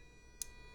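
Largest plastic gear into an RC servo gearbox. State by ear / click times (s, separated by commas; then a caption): seated / 0.4 s. The largest plastic gear of a DEERC DE 45 RC crawler's servo gearbox is slid down onto its shaft, and a single sharp, bright click at 0.4 s shows it seating and locking into place. The click stands out over a quiet, steady background with faint constant tones.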